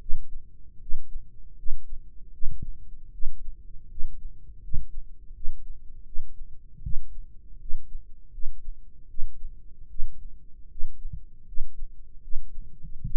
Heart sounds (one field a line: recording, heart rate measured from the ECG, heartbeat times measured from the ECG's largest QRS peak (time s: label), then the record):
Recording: heart sounds by microphone in the right ear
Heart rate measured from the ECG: 78 bpm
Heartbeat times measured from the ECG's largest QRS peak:
0.79 s: heartbeat
1.56 s: heartbeat
2.31 s: heartbeat
3.11 s: heartbeat
3.88 s: heartbeat
4.61 s: heartbeat
5.33 s: heartbeat
6.04 s: heartbeat
6.82 s: heartbeat
7.58 s: heartbeat
8.31 s: heartbeat
9.07 s: heartbeat
9.88 s: heartbeat
10.68 s: heartbeat
11.45 s: heartbeat
12.21 s: heartbeat
13.03 s: heartbeat
From the record:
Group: healthy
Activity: rest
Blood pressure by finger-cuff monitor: 132/74 mmHg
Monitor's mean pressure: 95 mmHg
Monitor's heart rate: 77 bpm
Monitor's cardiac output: 7.5 L/min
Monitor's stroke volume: 96 mL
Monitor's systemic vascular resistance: 940 dyn s/cm5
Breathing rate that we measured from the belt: 18 breaths a minute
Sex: male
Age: 21 years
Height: 180 cm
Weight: 67.5 kg